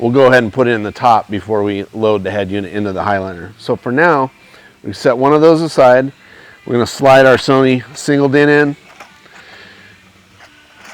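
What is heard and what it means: Someone talks while a Sony single-DIN car stereo head unit is slid into the plastic overhead console sleeve of a Highliner headliner for a 1967–72 Chevy C10. A short snap at 9.0 s marks the head unit seating in the console.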